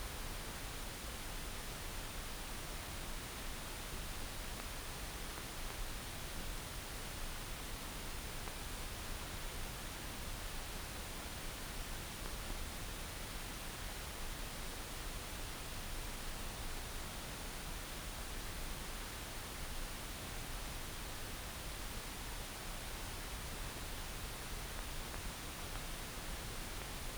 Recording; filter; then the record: brain microelectrode recording played as sound; wide band, above 20 Hz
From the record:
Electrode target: subthalamic nucleus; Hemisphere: right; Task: reaching with the left hand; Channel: 1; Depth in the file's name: 5.102 mm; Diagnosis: Parkinson's disease